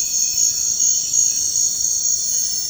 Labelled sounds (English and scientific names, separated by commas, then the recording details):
none
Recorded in dense forest near Puerto Asís, Putumayo, Colombia, on 20 February 2024 at 05:00
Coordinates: 0.472, -76.329
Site G6394